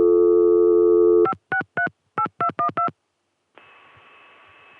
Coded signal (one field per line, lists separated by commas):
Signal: DTMF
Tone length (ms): 100 ms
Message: 5638212